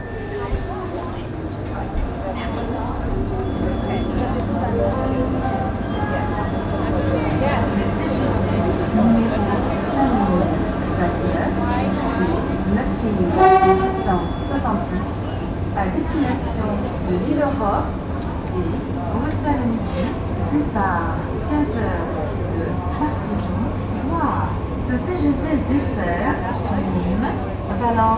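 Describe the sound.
Busy train station and elevator ambience at Gare Saint-Roch in Montpellier, France: a steady low rumble and hum under a continuous murmur of indistinct voices, with occasional clinks and brief tonal squeals rising through the mix.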